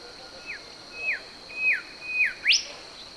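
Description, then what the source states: Brown-backed whistler song of four held whistled notes, each falling away at its end, closed by a loud, sharply rising final note; steady high-pitched hiss throughout. Papua New Guinea.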